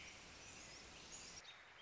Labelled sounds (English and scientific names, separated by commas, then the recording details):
American Robin (Turdus migratorius)
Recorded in Sonoma County, California